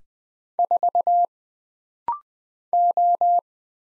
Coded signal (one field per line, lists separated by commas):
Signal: Morse code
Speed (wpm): 20 wpm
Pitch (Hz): 700 Hz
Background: none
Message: 4 O